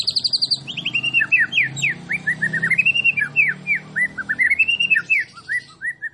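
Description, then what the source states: White-rumped shama song: a fast run of high buzzy notes, then a long string of short looping whistles that rise and fall, over a low steady hum. Masteran (tutoring) recording of a champion (juara) bird.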